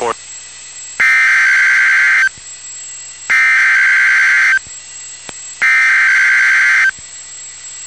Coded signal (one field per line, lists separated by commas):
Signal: Emergency Alert System (SAME) tones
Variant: header bursts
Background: speech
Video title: Real NOAA Weather Radio EAS Alert #110